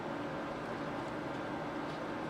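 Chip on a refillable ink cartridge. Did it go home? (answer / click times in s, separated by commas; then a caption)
no / none. A loose chip is lined up with a refillable ink cartridge before being pushed in, with only a steady broadband hiss and no sharp sounds across the 2.3 seconds. Nothing has seated or clicked yet.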